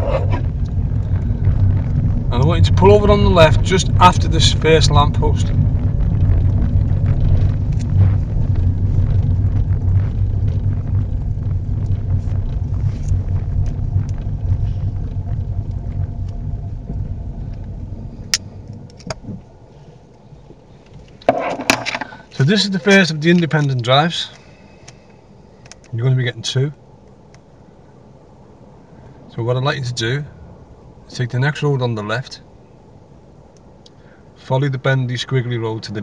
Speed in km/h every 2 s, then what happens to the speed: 21, 18, 19, 16, 11, 11, 10, 6, 0, 0, 0, 0, 0, 0, 0, 0, 0, 0.
0-16 slows to 0. 16-36 standing.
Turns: none.